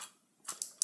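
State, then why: Not seated. With the legs moved out of the way, a plastic body section of a Transformers Generations FoC Autobot Blaster transforming robot toy is pushed toward the waist area to snap into place. Brief, sharp plastic handling ticks sound at about 0.5, 0.6 and 0.8 seconds over near silence. The panel has not seated or clicked into place yet.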